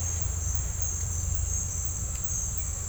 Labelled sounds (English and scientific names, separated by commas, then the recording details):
none
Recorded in dense forest near Puerto Asís, Putumayo, Colombia, on 21 December 2024 at 09:30
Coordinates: 0.468, -76.322
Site G071